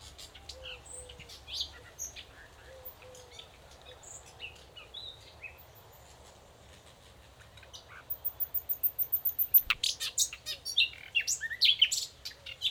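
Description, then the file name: Common nightingale song: after scattered soft chirps, a loud burst of rapid, percussive repeated notes pours out over the last few seconds, with faint low whistles behind. "Luscinia megarhynchos"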